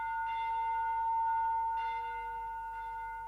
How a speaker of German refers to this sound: Wo aber tönet diese Glocken, hat angehoben Ewigkeit.